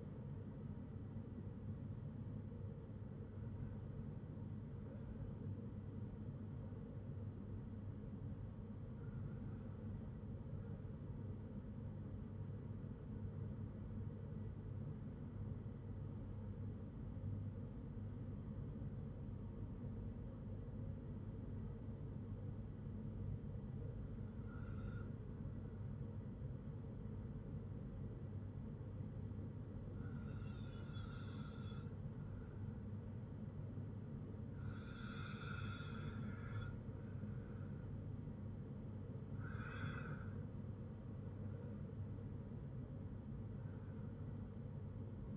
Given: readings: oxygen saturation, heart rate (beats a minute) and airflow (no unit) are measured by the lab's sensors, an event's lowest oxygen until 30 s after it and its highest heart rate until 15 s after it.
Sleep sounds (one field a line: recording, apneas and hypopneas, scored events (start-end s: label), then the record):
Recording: breathing in sleep by a smartphone at the bedside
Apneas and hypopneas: 1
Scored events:
14.00-34.00 s: hypopnea (N1, oxygen 96% highest, then 93% lowest, heart rate 54 at the start, 59 highest)
From the record:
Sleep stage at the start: N1 (lightest sleep)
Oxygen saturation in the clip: 93 to 96%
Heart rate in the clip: 51 to 59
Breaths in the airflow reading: 8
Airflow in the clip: -6.4 to 5.6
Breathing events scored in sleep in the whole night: 182 in 7.4 hours asleep